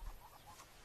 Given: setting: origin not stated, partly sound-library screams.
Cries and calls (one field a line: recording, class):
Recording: one-second piece from a danger detection set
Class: normal situation